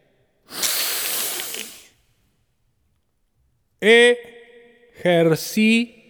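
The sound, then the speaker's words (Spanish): A breathing exercise done in a single count: one long, airy breath lasting over a second, followed by a pause and then several short, steady voiced tones held on one pitch, like controlled exhalations sounded aloud. “Ejercicio de respiración. En un solo tiempo.”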